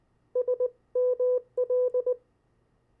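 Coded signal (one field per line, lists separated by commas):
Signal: Morse code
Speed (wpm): 20 wpm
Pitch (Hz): 500 Hz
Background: none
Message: S ML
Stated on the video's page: CW copy practice of opposite words, pen-and-paper follow-along.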